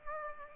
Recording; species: mosquito wingbeat signal from an infrared sensor; Aedes aegypti